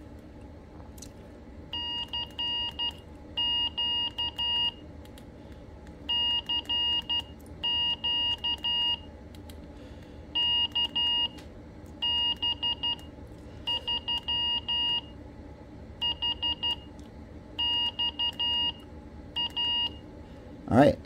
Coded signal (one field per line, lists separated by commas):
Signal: Morse code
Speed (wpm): 12 wpm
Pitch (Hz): 2850 Hz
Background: speech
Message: CQ CQ KB3 HXA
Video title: Built-in CW Morse Code, T-9 on Quensheng UV-K5. UV-K6, UV-K8. Firmware links in description.